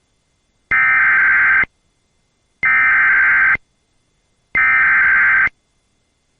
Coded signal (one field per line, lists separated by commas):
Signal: Emergency Alert System (SAME) tones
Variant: header bursts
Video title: Severe Thunderstorm Warning On WAHC-PGH [EAS #459]